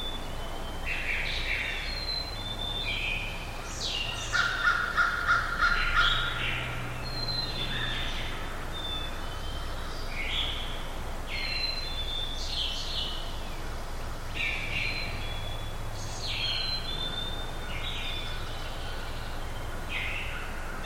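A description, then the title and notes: Birdsong in a semi-rural backyard at dawn, with several birds calling in short, bright phrases that overlap steadily throughout. Around the five-second mark a louder, rapid run of notes stands out. A low, even hum and faint hiss sit underneath the whole time. Backyard dawn chorus. Birdsong early in the morning recorded in a semi-rural backyard in Tiny, Ontario. Recorded by Anton Pickard.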